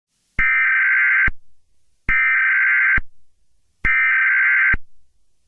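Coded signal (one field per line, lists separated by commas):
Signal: Emergency Alert System (SAME) tones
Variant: header bursts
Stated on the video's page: Fictional EAS scenario using valid EAS tones.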